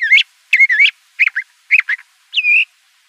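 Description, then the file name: Le Conte's thrasher giving five short song phrases, whistled slurs and paired rough notes spaced about half a second apart, ending on a longer clear whistle. Recorded in Arizona. "LCTH 2 deviche"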